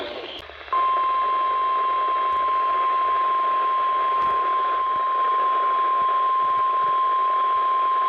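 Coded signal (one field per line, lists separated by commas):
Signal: Emergency Alert System (SAME) tones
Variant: 1050 Hz attention tone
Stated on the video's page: Alerts from an enhanced risk severe weather day, including a newly received weather radio station.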